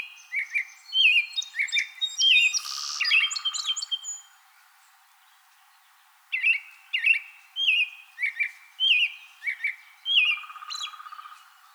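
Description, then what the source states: American robin caroling: whistled phrases in two bouts split by a silent gap, with a buzzy sound under some notes. Recorded 2020-04-24.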